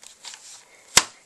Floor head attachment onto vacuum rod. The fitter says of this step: clicks into place like so